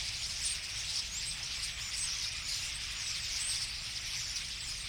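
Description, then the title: Common starlings chattering as a flock, a thick stream of high squeals and twitters, steady throughout, with low rumble underneath. Flock singing in a tree at Boldixumstieg, Nieblum, Germany; cars in background; Zoom H3-VR ambisonic recorder, binaural stereo rendering, edited in Audacity. "Boldixumstieg, 25938 Nieblum, Deutschland - Ein Vogelschwarm Stare. A flock of birds starlings"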